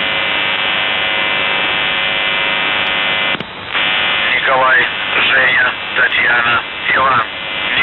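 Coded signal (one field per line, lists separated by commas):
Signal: numbers station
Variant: UVB-76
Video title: The Buzzer/UVB-76(4625Khz) June 2nd, 2023 09:49UTC Voice message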